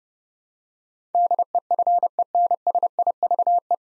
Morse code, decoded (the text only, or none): DEFENSIVE